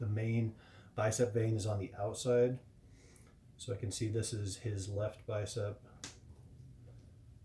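A 3D printed plastic bicep part is pushed onto a figure's arm joint while someone talks. It seats with a sharp click at 6.0 seconds.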